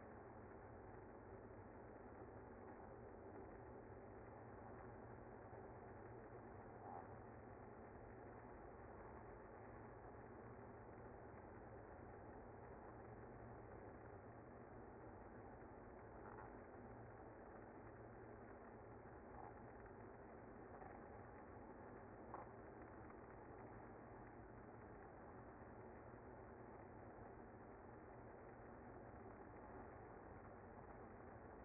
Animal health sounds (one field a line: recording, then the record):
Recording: honeybee colony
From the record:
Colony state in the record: active